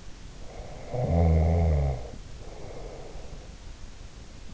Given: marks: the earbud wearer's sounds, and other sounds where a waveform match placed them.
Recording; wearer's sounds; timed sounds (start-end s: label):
sounds in sleep by an in-ear microphone; snoring breath
0.38-3.61 s: snoring breath